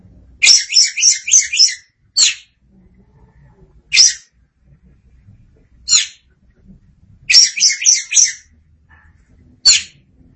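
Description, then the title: Oriental magpie-robin song: quick stuttering runs of harsh, buzzy notes alternating with single scratchy bursts roughly every two seconds, with quiet gaps between. "Suara Kicauan Burung Kacer Durasi Panjang"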